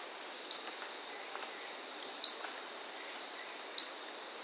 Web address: Natures Songs S America Birds of the Amazon Short-tailed Pygmy-Tyrant (Myiornis ecaudatus), Peru